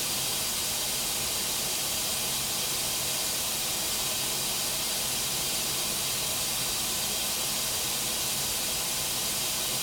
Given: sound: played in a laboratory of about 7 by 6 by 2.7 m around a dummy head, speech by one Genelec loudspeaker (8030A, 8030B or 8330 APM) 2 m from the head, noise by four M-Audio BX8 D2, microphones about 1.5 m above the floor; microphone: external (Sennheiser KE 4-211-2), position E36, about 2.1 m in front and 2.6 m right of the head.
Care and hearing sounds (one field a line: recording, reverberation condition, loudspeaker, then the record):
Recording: white noise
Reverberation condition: low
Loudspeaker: four, about 170 cm from the corners of the room and facing them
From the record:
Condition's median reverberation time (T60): about 310 ms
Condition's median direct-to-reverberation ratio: about 3.5 dB